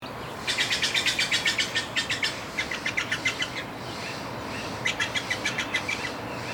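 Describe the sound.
Steller's jay calls in rapid harsh series, about a dozen quick notes repeated, a pause, then more short bursts of similar grating notes.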